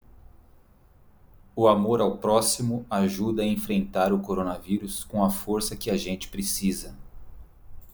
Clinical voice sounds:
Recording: spoken sentence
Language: Brazilian Portuguese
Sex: male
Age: 40 to 49 years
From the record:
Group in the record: control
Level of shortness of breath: 0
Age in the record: 44 years

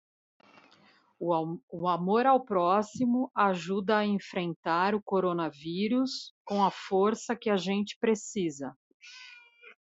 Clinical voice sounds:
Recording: spoken sentence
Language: Brazilian Portuguese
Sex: female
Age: 40 to 49 years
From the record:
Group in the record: control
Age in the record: 48 years

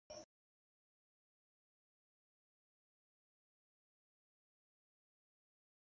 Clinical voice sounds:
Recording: spoken sentence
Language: Brazilian Portuguese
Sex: male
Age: 20 to 29 years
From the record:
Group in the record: control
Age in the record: 25 years

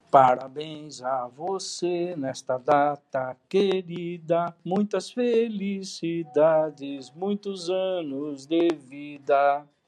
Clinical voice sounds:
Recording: short text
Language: Brazilian Portuguese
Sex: male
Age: 60 to 69 years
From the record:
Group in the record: control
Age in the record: 69 years

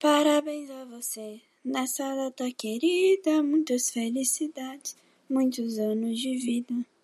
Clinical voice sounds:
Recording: short text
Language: Brazilian Portuguese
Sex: female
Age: 20 to 29 years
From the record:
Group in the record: control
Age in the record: 21 years

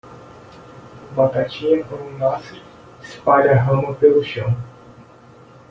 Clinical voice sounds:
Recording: short text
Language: Brazilian Portuguese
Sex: male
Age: 30 to 39 years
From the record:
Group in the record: control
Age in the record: 33 years

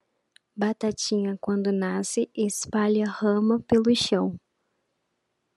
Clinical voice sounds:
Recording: short text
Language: Brazilian Portuguese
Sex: female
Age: 30 to 39 years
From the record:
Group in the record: control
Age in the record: 38 years

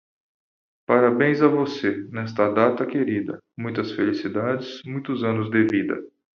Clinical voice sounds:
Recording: short text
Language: Brazilian Portuguese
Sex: male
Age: 40 to 49 years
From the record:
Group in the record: control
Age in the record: 44 years

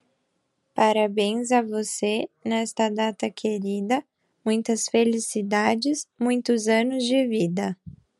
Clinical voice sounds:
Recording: short text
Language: Brazilian Portuguese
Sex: female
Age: 20 to 29 years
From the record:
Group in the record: control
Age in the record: 25 years

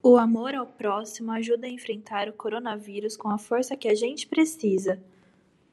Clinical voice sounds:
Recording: spoken sentence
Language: Brazilian Portuguese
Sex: female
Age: 20 to 29 years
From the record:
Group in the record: control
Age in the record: 26 years

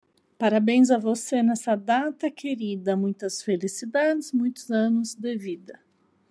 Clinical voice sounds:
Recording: short text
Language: Brazilian Portuguese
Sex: female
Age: 40 to 49 years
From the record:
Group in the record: control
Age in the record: 43 years

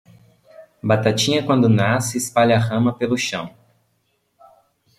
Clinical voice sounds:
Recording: short text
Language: Brazilian Portuguese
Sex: male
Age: 20 to 29 years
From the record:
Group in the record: control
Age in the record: 20 years

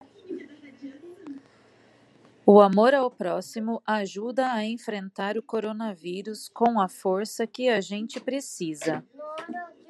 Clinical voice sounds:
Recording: spoken sentence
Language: Brazilian Portuguese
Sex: female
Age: 30 to 39 years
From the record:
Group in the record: control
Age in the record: 36 years

